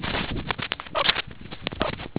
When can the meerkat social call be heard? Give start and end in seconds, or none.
none